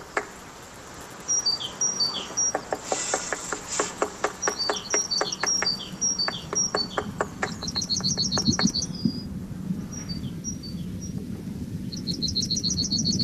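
A great tit inspecting a nest box in a garden in Groningen: a fast, steady run of dry tapping and pecking knocks, with thin high chirps and short twittering trills over it and after it.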